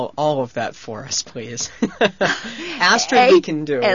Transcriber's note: he laughs